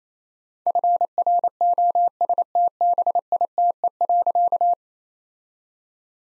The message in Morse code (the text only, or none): FROSTBITE.